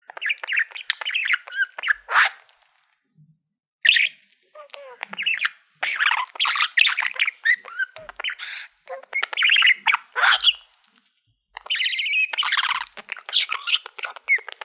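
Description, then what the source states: Budgerigar chatter in repeated bursts of clicks, squeaks and scratchy warbles, broken by several short quiet gaps. Budgie making happy sounds.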